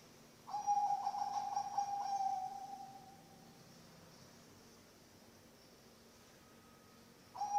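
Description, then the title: Zebra dove singing: a fast-pulsed, level coo lasting about two and a half seconds, a long pause, then the next phrase just starting. Bangkok-type zebra dove (perkutut bangkok) song, used as a master recording for training birds (masteran) and for luring (pancingan). "mster Mnuk. SUARA OCEHAN BURUNG PERKUTUT BANGKOK Untuk MASTERAN dan PANCINGAN"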